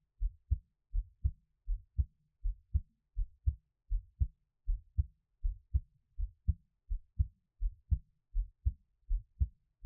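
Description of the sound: Steady paired low thumps, about 80 beats a minute: an ordinary adult heartbeat with clear first and second sounds, with no talking.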